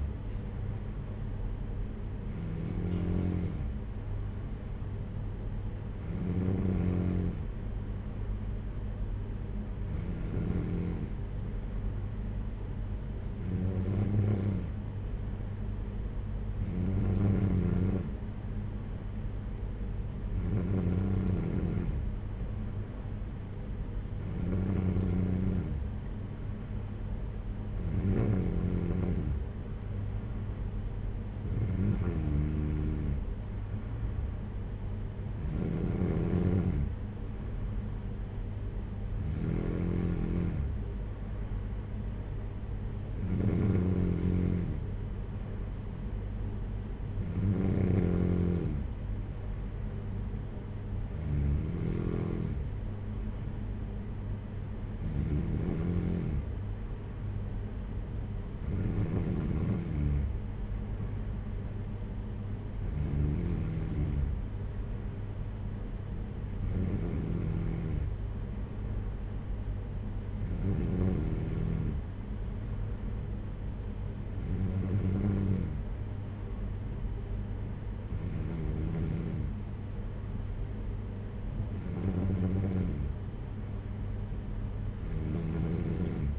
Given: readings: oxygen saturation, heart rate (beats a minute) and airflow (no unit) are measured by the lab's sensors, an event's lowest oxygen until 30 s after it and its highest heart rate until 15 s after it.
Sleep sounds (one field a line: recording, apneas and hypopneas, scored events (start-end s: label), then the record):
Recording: breathing in sleep by a smartphone at the bedside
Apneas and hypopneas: none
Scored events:
none scored
From the record:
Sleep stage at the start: N3 (deep sleep)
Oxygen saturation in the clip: 93 to 94%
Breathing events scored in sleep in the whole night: 226 in 8.8 hours asleep